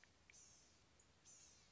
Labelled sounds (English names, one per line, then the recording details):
Blue-gray Gnatcatcher
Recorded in Sonoma County, California